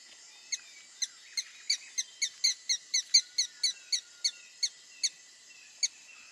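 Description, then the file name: Red-stained woodpecker giving a string of piercing, high ticks, speeding up and then slowing down. "Canto do pica pau avermelhado"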